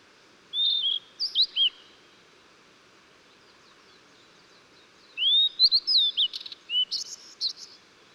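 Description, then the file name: Blue-and-white flycatcher song: a brief whistled opening, a pause, then a longer phrase of rising slurred whistles and buzzy high notes, over steady low background hiss. Recorded 14 June 2009. "20090614 ooruri"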